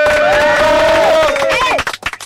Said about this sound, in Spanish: está la gente de …, a la cual recibimos con un fuerte aplauso